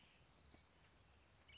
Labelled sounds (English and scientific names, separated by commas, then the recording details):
California Towhee (Melozone crissalis)
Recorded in Sonoma County, California